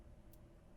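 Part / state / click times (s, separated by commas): airflow adjustment ring on the base of an atomizer tank / seated / 0.3 s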